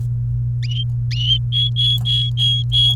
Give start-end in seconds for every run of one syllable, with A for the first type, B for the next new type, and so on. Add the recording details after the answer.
1.52-2.95 A. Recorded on 30 April 2018 at 08:41. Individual llb3